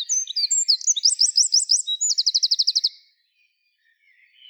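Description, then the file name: Eurasian wren song: a rapid, high, jumbled burst of sharp notes running into a fast, even trill, then quiet with faint chirps at the end. "Troglodytes troglodytes"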